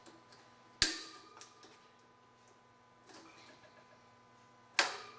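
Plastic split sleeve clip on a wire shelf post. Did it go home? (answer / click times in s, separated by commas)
yes / 0.8 s, 4.8 s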